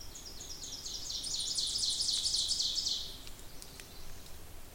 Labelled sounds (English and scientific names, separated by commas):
Ovenbird (Seiurus aurocapilla) song